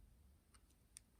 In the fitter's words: 閉じる時は、またこうやってカチッとロックすれば閉まります